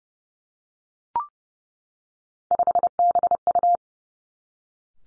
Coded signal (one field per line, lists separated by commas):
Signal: Morse code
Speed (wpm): 30 wpm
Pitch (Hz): 700 Hz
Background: none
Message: 5BU